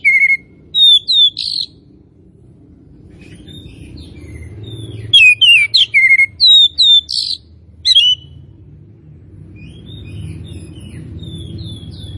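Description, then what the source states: Oriental magpie-robin giving scattered whistles and buzzy notes, then a brief burst of varied song, over a low background hum. Kacer from Tretes; described as gacor, singing actively and persistently.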